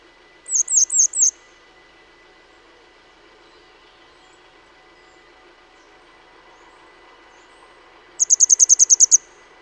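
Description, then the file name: Grey wagtail calls: a quick run of four sharp, high metallic notes, then a longer burst of about nine rapid ticking notes near the end, over a quiet background. Recorded in Utrecht. "Grote gele kwikstaart in Utrecht - Sound Cloud - luc de bruijn"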